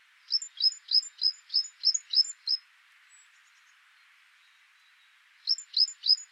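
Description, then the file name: Great tit song: quick repeated two-note phrases, a high note over a lower downslurred one, about three per second in a burst, a pause, then another burst, over steady background hiss. "Parus major"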